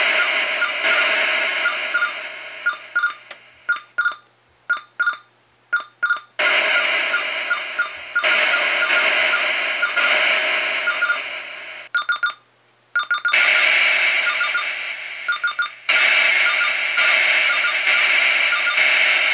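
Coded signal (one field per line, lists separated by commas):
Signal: computer data on cassette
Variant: Sharp X1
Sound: harsh buzzing data noise in long blocks, broken by short stuttering bursts and gaps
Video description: Jak Sharp X1 nahrává z kazety a co nahrává?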